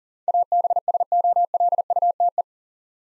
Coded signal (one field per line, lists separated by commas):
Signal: Morse code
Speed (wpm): 40 wpm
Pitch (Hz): 700 Hz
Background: none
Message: ABSOLUTE